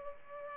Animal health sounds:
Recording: mosquito wingbeat signal from an infrared sensor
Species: Culex pipiens

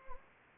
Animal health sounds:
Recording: mosquito wingbeat signal from an infrared sensor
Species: Anopheles gambiae

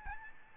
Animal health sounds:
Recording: mosquito wingbeat signal from an infrared sensor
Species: Aedes albopictus

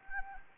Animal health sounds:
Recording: mosquito wingbeat signal from an infrared sensor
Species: Anopheles gambiae

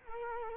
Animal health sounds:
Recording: mosquito wingbeat signal from an infrared sensor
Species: Culex quinquefasciatus

